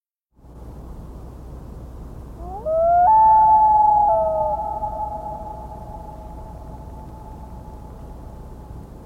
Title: Common Loon